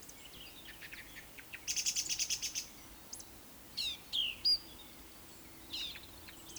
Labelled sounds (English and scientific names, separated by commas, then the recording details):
Eurasian Woodcock (Scolopax rusticola) whistle
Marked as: whistle, whistle, whistle
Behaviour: display flight
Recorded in Baden-Württemberg, Germany, on 26 May 2020 at 19:46 UTC
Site 45304, 487 m above sea level